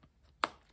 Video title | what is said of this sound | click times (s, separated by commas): Coach Attachment Card Case | let's hear that snap | 0.4 s